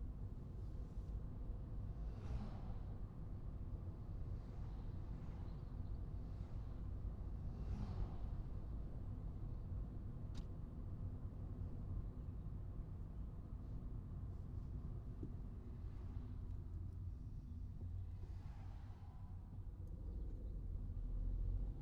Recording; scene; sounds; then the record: everyday scene through a hearing-aid microphone; in a vehicle; engine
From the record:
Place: Skoda Fabia, gasoline engine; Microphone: in the ear canal, right